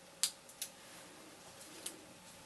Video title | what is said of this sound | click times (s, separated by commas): Skin Wizard treatment Video GB | needling you put first inside the hole you just make a little click after | 0.2 s